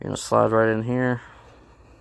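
A small roller with a beveled end is being slid by hand toward its seat in a new aluminum race-car part while someone talks. The clip ends before the part goes home, so nothing has seated or clicked yet.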